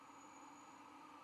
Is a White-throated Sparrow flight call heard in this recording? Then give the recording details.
no. No flight call is heard. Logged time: 00:42 on 12 November 2014